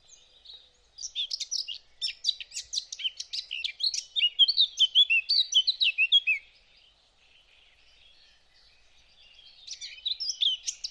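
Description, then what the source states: Eurasian blackcap song: a long, hurried warble of chattering and fluty notes, then a lull and the start of a new phrase at the end. Singing bird perched overhead by a lake, recorded with a parabolic microphone.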